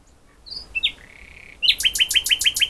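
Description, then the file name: Common nightingale phrase opening with thin slurred whistles, then a steady run of rapid, clipped repeated notes. "Luscinia megarhynchos"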